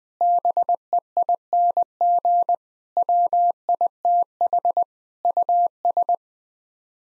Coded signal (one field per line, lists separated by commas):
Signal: Morse code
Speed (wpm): 20 wpm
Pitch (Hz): 700 Hz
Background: none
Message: BEING WITH US